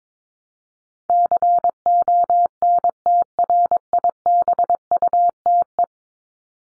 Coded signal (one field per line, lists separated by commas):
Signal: Morse code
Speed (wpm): 22 wpm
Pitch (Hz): 700 Hz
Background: none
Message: CONTRIBUTE